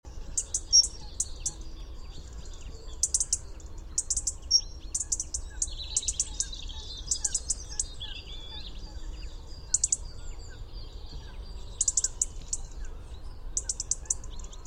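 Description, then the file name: European robin: short, very high, sharp bursts in scattered clusters, plus a few lower warbled notes midway, over a steady low rumble of background noise. "Erithacus rubecula"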